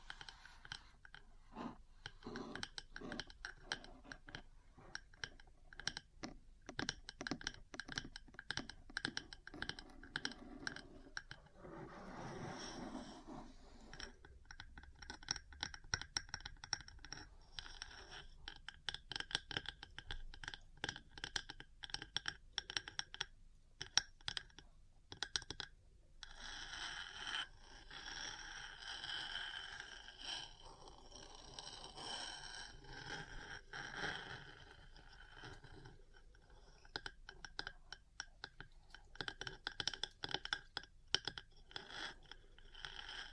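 Metal parts tap and scratch in quick, irregular bursts throughout, with a denser scraping passage around twelve seconds and brighter grinding after twenty-six.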